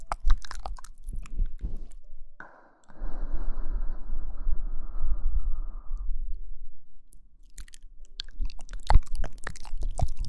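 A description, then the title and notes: Mouth sounds of crunchy chewing and biting, with a steady hissing stretch from about two to six seconds, then more clicky chewing. Mouth Sounds.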